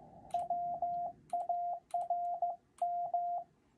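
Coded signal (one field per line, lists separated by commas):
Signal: Morse code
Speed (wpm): 15 wpm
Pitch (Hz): 700 Hz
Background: radio noise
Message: WARM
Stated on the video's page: Morse illustrating what is copied and sent in a basic CW contact.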